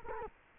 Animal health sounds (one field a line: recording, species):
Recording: mosquito wingbeat signal from an infrared sensor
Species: Culex quinquefasciatus